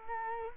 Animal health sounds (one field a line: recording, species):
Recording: mosquito wingbeat signal from an infrared sensor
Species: Culex quinquefasciatus